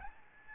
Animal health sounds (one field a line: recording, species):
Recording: mosquito wingbeat signal from an infrared sensor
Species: Aedes albopictus